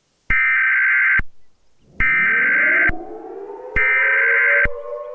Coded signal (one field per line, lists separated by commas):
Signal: Emergency Alert System (SAME) tones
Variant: header bursts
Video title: Winters Curse: A EAS Scenario